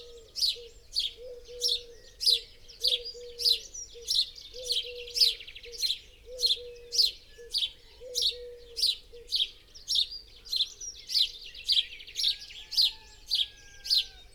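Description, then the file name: House sparrow chirps repeated in a long, steady series, more than twenty in all, over soft low tones in the background. "Passer domesticus"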